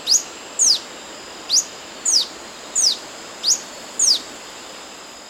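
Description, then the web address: Yellow-throated bush tanager calling with sharp, very high chirps, some rising and some dropping, seven notes spaced at roughly half-second to one-second intervals. Ecuador. "Natures Songs S America Birds of Ecuador Yellow-throated Bush-Tanager"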